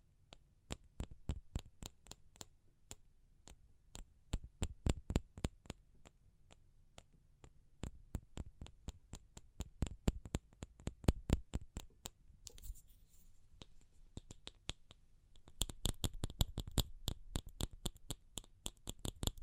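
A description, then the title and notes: Sharp, crisp tapping that shifts between fast bursts and slower, spaced strikes, pausing briefly near twelve seconds before quickening again toward the end. ASMR Pure Tapping Fast and Slow (No Talking).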